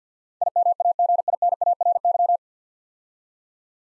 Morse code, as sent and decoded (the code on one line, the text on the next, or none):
.. -- .- --. .. -. .- .-. -.--
IMAGINARY